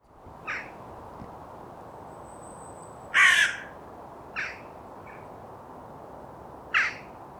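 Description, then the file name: Carrion crow uttering a few short, scattered harsh caws over a steady hiss of background noise, one louder call standing out in the middle. "Corvus corone"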